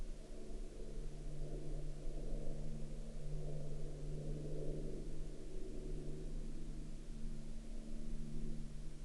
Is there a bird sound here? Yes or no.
no